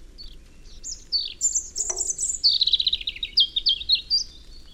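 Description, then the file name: European robin song, a bright run of high thin whistles and fast tinkling trills. "Erithacus rubecula"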